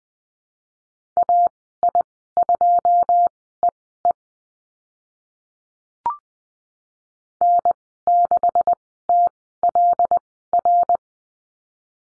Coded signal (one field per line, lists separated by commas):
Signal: Morse code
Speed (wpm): 20 wpm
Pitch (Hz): 700 Hz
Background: none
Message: AI2EE N6TLR